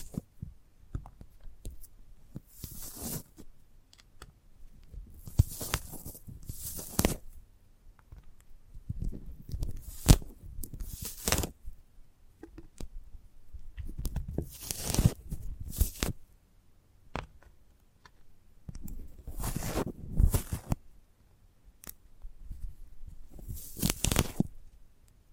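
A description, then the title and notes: Sprouted coconut handled in bursts of crisp scraping and crackling about every few seconds, separated by near-silent pauses with soft low thumps. ASMR of a Sprouted Coconut (No Talking).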